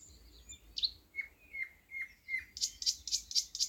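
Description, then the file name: Thrush nightingale phrase: a sharp note, four slow downslurred whistled notes, then a rapid string of high, clicking notes. "thrush nightingale - luscinia luscinia"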